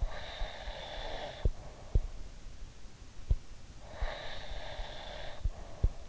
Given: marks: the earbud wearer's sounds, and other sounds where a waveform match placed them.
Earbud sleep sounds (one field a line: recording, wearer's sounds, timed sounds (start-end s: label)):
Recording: sounds in sleep by an in-ear microphone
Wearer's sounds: breath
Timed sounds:
0.03-2.30 s: breath
3.83-6.00 s: breath